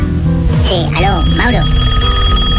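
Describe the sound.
A phone line rings on an outgoing call placed during the radio show Despierta Con Veracruz on Veracruz Estereo 93.5 in Medellín, a steady electronic ring tone holding under a person's voice talking over it.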